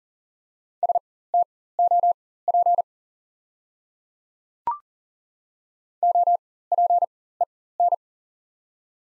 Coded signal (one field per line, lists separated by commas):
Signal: Morse code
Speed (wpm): 40 wpm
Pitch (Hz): 700 Hz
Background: none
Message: STOP OPEN